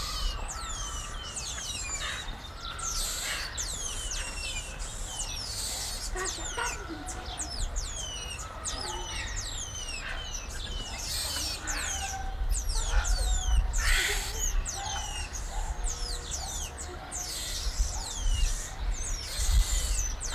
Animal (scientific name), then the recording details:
Saguinus oedipus. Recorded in captivity. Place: Zoo Magdeburg, Sachsen-Anhalt, DE. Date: 1995-04-05. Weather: heiter, 8 °C. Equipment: Marantz CP 430, Sennheiser ME 80, Kopie Uher Variocord 263. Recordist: Tembrock, Günter